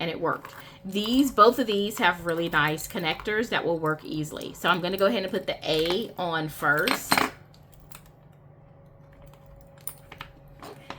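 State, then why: Seated. Someone talks until about 7.3 seconds, then a letter "A" charm with a ready-made metal connector is pushed onto a planner decoration. After a few faint taps, a sharp click at 9.9 seconds marks the connector popping into place and seating, followed by a few small metallic clicks.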